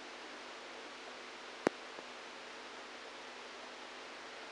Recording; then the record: brain microelectrode recording played as sound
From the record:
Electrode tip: outside the subthalamic nucleus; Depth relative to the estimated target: 3 mm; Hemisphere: right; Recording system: NeuroSet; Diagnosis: Parkinson's disease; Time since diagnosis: 27 years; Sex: male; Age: 62 years